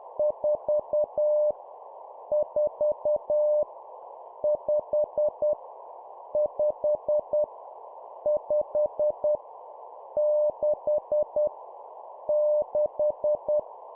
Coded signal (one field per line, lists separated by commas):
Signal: Morse code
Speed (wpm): 10 wpm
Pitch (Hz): 600 Hz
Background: none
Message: 4 4 5 5 5 6 6